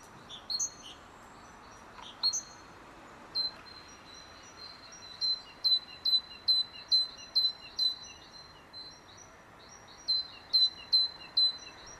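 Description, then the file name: Great tit delivering long runs of crisp high-then-low paired notes, steady and rhythmic, with a few louder scattered notes near the start. "Parus major"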